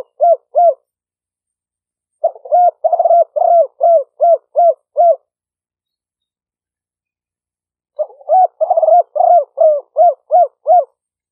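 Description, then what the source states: Spotted dove producing fast series of short arched coos: a brief run at the start, then two longer runs of several notes each, separated by pauses. Vietnamese cooing style called "5 hậu".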